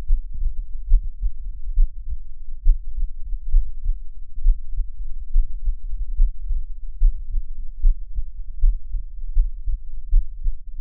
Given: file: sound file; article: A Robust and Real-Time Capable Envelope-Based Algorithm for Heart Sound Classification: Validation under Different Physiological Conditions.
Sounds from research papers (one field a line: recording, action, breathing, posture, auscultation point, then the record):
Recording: heart sounds by electronic stethoscope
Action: rest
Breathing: normal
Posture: lying on stomach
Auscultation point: Erb’s point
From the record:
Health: healthy, no known heart disease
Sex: male